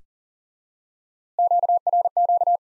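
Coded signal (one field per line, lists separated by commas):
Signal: Morse code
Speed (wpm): 38 wpm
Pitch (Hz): 700 Hz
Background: none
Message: QRQ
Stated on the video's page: High-speed (QRQ) Morse lesson teaching common QSO elements by instant word recognition.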